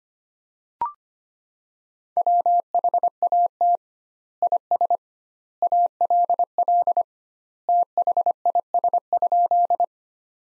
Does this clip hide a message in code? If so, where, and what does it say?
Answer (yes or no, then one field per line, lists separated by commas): yes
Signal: Morse code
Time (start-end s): 2.2-9.8 s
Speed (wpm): 25 wpm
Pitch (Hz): 700 Hz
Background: none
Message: WHAT IS ALL THIS?